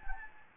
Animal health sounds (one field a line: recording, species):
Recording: mosquito wingbeat signal from an infrared sensor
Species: Anopheles gambiae